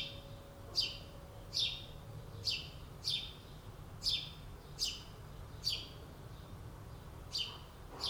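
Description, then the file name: House sparrow chirps, a series of short harsh notes over a low background rumble. "Passer domesticus"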